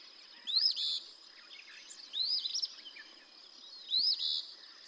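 Eastern phoebe: three rough, buzzy phrases, each opening with a brief climbing note, with a faint high hum behind.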